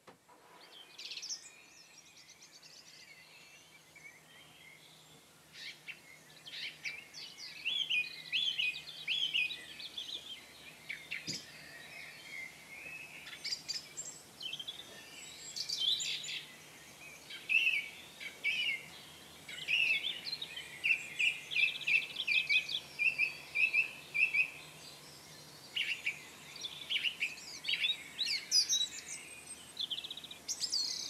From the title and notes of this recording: Dawn Chorus, Dedham Vale, UK, March. Short recording of the dawn chorus in rural Suffolk, United Kingdom.